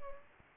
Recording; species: mosquito wingbeat signal from an infrared sensor; Anopheles gambiae